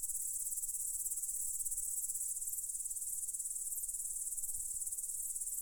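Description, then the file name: Crickets in a steady high-pitched chorus, fast dense pulsing that never pauses, with faint low rumble beneath. "cvrcci"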